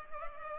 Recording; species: mosquito wingbeat signal from an infrared sensor; Culex pipiens